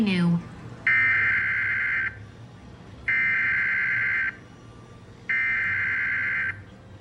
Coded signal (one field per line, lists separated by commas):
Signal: Emergency Alert System (SAME) tones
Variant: header bursts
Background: speech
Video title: EAS #37 - Severe Thunderstorm Warning on TV